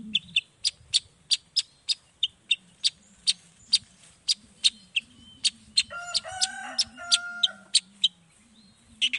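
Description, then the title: Long-tailed shrike song of sharp, high chips in a steady series over a low hum, with a harsh nasal burst in the second half. Morning song of an actively singing bird with a 'toet toet' variation, played to provoke other shrikes into responding quickly. "Langsung NYAUTTTTT ! Cendet Gacor Dor Di Kala Pagi Toet Toet Variasi Suara J. Cendet Gacor Langsung Nyaut Emosi Hanya dengan Sekali Putar Bikin Cendet Lainya Cepat Respon Bunyi"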